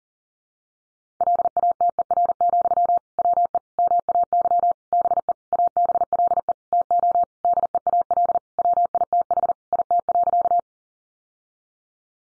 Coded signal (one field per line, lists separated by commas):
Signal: Morse code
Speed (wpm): 40 wpm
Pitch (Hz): 700 Hz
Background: none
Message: LATER, WE MAY BE ABLE TO DEAL WITH IT.